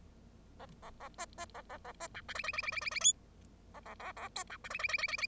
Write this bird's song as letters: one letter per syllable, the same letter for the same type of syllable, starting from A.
A A A B B A A A B C D E E E E E E E F A A A A G C D E E E E E E